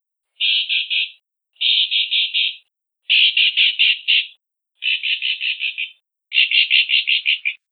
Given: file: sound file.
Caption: The Yellow-breasted Boubou female song type Chock series produced as solo